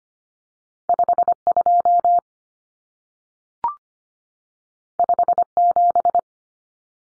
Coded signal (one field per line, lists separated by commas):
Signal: Morse code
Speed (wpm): 25 wpm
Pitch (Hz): 700 Hz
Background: none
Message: 52 57